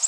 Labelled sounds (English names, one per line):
Orange-crowned Warbler flight call